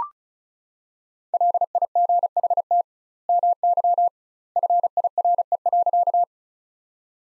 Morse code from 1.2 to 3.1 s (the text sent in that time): LIGHT